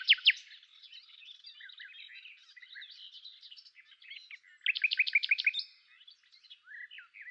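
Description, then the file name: Common nightingale song: a quick double note, soft scratchy warbling, then a loud trill of rapidly repeated notes, ending in softer chirps. "Luscinia megarhynchos"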